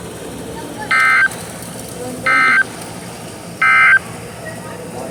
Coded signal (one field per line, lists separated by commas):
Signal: Emergency Alert System (SAME) tones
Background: speech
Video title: Bout a Week Of Stuff (EAS 328-354)